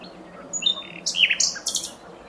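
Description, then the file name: Common nightingale delivering a short varied phrase: a few thin whistles and then loud, harsh, rich chirps in quick succession, against a faint background hiss. "Luscinia megarhynchos"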